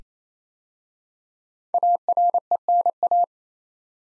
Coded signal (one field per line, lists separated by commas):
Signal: Morse code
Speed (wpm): 27 wpm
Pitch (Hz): 700 Hz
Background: none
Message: ARENA